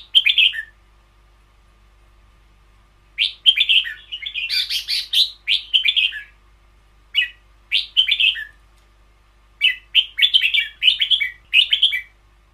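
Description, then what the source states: Red-whiskered bulbul singing lively chirpy phrases, some bursts longer and more jumbled, others brief two-note figures, separated by short pauses. Caged bird; song style called เบิ้ลยาว in Thai.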